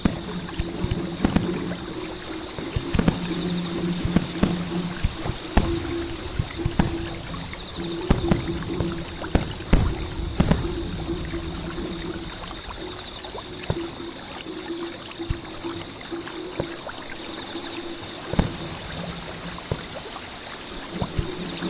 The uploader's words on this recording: A midsummer night full of Zen, the sound of drums echoing on the small bridge and flowing water.